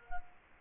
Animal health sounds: mosquito wingbeat signal from an infrared sensor; Culex quinquefasciatus

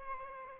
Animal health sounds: mosquito wingbeat signal from an infrared sensor; Aedes albopictus

